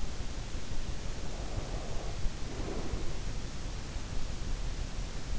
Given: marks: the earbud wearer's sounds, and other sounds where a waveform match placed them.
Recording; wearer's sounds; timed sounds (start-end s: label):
sounds in sleep by an in-ear microphone; breath
1.02-3.30 s: breath